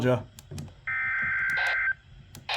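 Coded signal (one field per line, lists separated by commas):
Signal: Emergency Alert System (SAME) tones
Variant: header bursts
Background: speech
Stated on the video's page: EAS alerts recorded from broadcasts.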